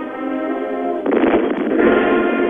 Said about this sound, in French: Et comme s'il fallait donner un peu de rythme encore à la musique, un canon tonne à deux pas de la fanfare qui joue les hymnes nationaux.